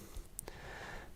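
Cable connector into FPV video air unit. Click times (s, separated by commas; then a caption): 0.4 s. The cable supplied with a DJI FPV air unit, during a Rotor Riot Spec Kwad HD1 build, is pushed with a tool into the socket on the back of the unit. A sharp, bright click at 0.4 s is followed by a fainter tick at 0.5 s over low background noise. The connector is seated.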